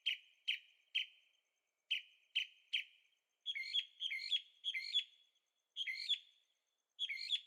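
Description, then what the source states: Bird song: clipped chirps in groups of three, then richer, fuller warbled phrases repeated several times. Birds singing at night in Carefree, Arizona; recorded in stereo on a Zoom H6.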